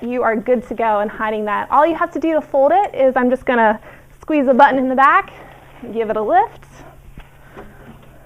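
Someone talks while squeezing the release button at the back of a Yowza Lido folding treadmill and lifting its deck toward the folded upright position, waiting for the folding deck latch on the treadmill frame to lock. Quiet handling noise follows the speech. The latch has not clicked or locked yet.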